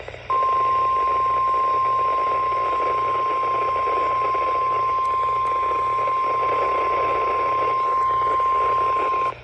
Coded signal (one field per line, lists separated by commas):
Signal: Emergency Alert System (SAME) tones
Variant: 1050 Hz attention tone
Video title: Another MCS I Guess - EAS Alerts from 5/26/24 || EAS 1,267-1,293